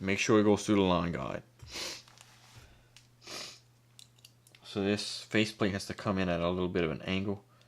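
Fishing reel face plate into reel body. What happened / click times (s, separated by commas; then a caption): The cover plate is handled but has not yet clicked home / none. A fishing reel face plate on a Shimano Curado K 201HG is being handled and brought in at an angle against the reel body, with someone talking throughout. Faint small handling ticks occur around 2.1 to 4.6 seconds between the speech. Nothing has seated or clicked yet; the face plate is not home by the end.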